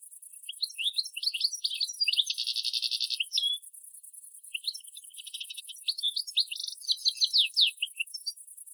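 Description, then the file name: European goldfinch twittering, rapid chirps mixed with a buzzy rattling phrase, a short gap, then another burst of tinkling notes over a faint high hiss. "Carduelis carduelis"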